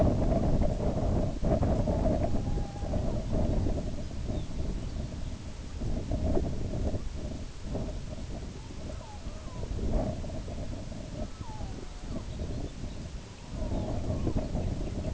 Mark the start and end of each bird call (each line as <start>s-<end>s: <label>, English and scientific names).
1.78s-3.25s: Red-throated Loon (Gavia stellata)
3.37s-5.39s: Lapland Longspur (Calcarius lapponicus)
8.33s-9.74s: Red-throated Loon (Gavia stellata)
11.01s-12.27s: Red-throated Loon (Gavia stellata)
12.04s-15.11s: Lapland Longspur (Calcarius lapponicus)
13.43s-14.53s: Red-throated Loon (Gavia stellata)